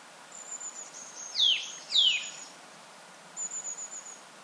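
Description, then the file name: Eurasian nuthatch calls: two sharp downward-sweeping notes about half a second apart, with thin high-pitched chips and trills around them. "Sitta europaea"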